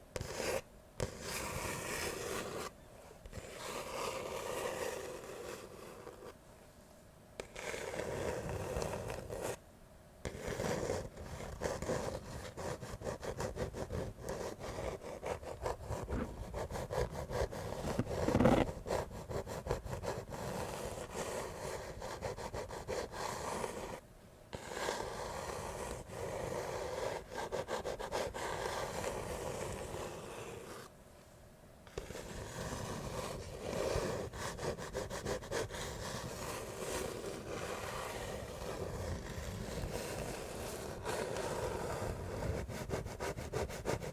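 Ear to ear tapping, scratching and brushing: a dense, crackly rubbing that runs almost continuously with fine rapid grains. Short pauses break it near 3, 7, 10, 24 and 31 seconds, and a louder scrape stands out around 18 seconds.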